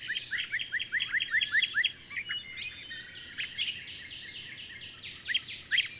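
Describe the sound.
Bird song, a quick run of rising chirped notes followed by jumbled twittering phrases and more rising notes, over steady background noise.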